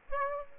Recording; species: mosquito wingbeat signal from an infrared sensor; Aedes aegypti